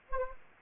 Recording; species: mosquito wingbeat signal from an infrared sensor; Anopheles gambiae